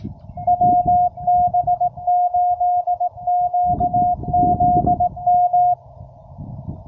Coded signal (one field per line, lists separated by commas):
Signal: Morse code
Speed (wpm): 18 wpm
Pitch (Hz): 690 Hz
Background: none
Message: WB8QZM